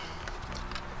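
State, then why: Seated. A MagSafe wireless charger puck is pressed into its plastic holder, with the charger cable routed through, during a Macan charger install. Two soft clicks are heard at 0.3 s and 0.8 s as the charger seats and snaps into the holder.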